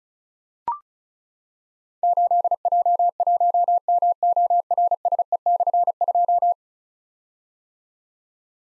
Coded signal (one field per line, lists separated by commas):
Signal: Morse code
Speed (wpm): 36 wpm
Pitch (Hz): 700 Hz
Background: none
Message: 8J1MORSE/2